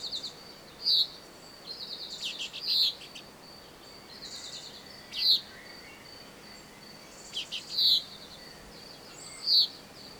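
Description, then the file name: Common chaffinch calls: short, bright, sharp single notes repeated at uneven intervals, over a steady high insect-like whine and faint buzzy chirps. "Fringilla coelebs"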